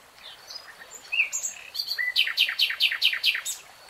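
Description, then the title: Nightingale song: scattered soft whistles, then a quick series of several loud, sharply descending chirps repeated evenly. Recorded in real time. "[Tiếng chim hót] 3 Hours REALTIME Nightingale Singing"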